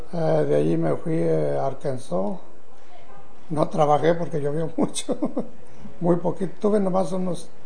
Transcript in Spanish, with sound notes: de ahí me fui a Arkansas, no trabajé porque llovió mucho. (risas) Muy poquito tuve, nomás unos